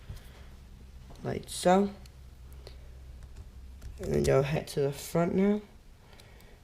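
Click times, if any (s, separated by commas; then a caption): 2.7 s. A plastic linkage end is pushed squarely onto its ball stud on an Exceed Maxstone10 RC car. Someone talks, and a small sharp click at 2.7 s marks the linkage end seating on the ball. More talking follows.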